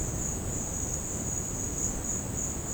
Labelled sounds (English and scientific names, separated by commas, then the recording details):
none
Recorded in secondary vegetation near Puerto Asís, Putumayo, Colombia, on 13 March 2025 at 13:00
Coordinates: 0.481, -76.318
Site G097